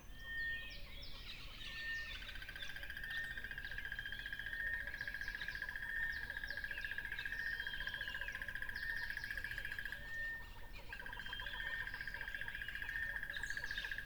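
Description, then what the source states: Cricket trill, continuous and high-pitched, broken briefly a few times, with a dense chorus of bird chirps and whistles over the top. Crickets beside a lively tropical river.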